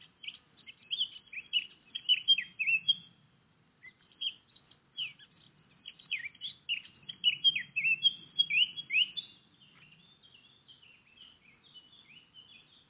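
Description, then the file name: Eurasian blackcap song: bursts of quick, varied warbling separated by brief pauses, then soft scattered notes. "Sylvia atricapilla"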